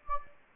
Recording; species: mosquito wingbeat signal from an infrared sensor; Anopheles gambiae